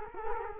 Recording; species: mosquito wingbeat signal from an infrared sensor; Culex quinquefasciatus